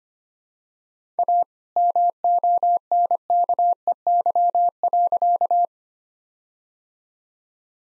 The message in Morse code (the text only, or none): A MONKEY.